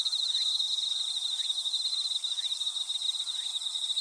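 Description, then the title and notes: Insects trilling in a high continuous pulse, with short rising chirps from a second insect about once a second. Insects calling in a grassy thicket. "草むらにいる虫の声"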